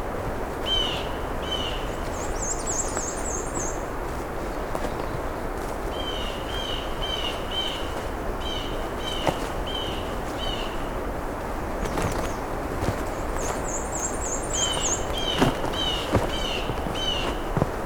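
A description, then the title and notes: Birds call along a road allowance at the edge of national park lands, over a steady low rushing background. Repeated short chirps come in runs through most of the clip, and a high trilling call appears twice, near 2 and 13 seconds. We’re continuing along the road allowance that skirts the edge of the national park lands. Along the way we’ll hear some Black-and-white Warblers, Red-winged Blackbirds, Blue Jays, and more.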